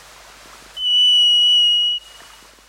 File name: variedthrush